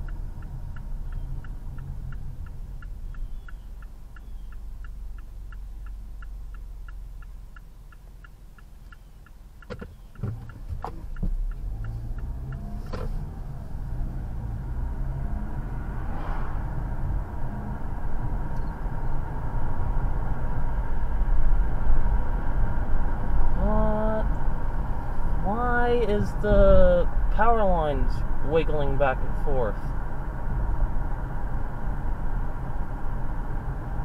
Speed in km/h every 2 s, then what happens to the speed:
16, 3, 0, 0, 0, 5, 13, 29, 40, 47, 53, 55, 52, 48, 47, 47, 45.
0-3 brakes to 0. 3-9 standing. 9-20 pulls away to 53. 23-26 slows to 48. 26-34 steady at about 47.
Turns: none.